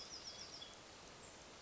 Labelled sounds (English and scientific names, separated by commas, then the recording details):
Bewick's Wren (Thryomanes bewickii)
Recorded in Sonoma County, California